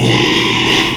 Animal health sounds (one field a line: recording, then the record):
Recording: squeal of a Yucatan mini pig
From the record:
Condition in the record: after surgery on the right vocal fold (resection and tissue-engineered implant)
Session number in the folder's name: 1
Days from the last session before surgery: 6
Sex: male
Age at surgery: 12 weeks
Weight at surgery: 13 kg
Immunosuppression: cyclosporine, prednisolone